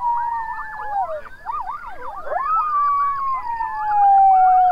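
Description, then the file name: Coyotes in a loud chorus, a long falling howl under rapid wavering yips and warbles from several animals at once. Several coyotes, recorded 21 June 2007 at 04:20. "070621-0420 coyotes"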